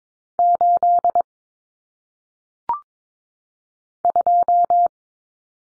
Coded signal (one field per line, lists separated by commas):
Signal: Morse code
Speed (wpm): 22 wpm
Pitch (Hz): 700 Hz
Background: none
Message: 8 2